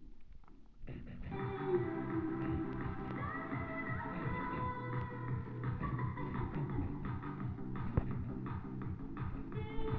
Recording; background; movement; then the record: throat clearing; music; sitting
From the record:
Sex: male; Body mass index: 23.7 kg/m2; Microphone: on the chest, facing the body